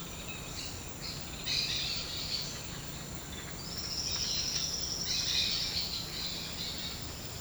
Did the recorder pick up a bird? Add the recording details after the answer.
yes. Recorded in secondary vegetation near Puerto Asís, Putumayo, Colombia, on 13 March 2025 at 09:30. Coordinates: 0.498, -76.327. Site G001